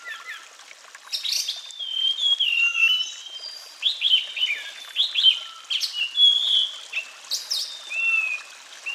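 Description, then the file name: Sulingan bird song of varied, fluid whistles and sharp sweeping notes, delivered in quick uneven phrases throughout. With flowing water. "terapi air mengalir burung sulingan"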